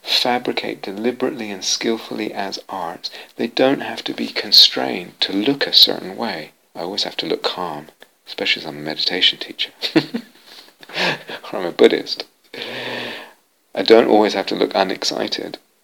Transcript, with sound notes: fabricate deliberately and skilfully as arts, they don't have to be constrained to look a certain way: "I always have to look calm, especially as I'm a meditation teacher." [laughs] Or I'm a Buddhist. I don't always have to look unexcited.